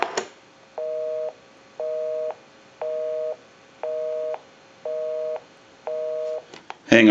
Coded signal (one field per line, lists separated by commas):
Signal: telephone call progress tone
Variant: North America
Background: speech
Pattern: busy tone